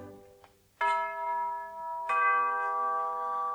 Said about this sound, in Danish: Det kendtes på klangen, som klokkerne gav.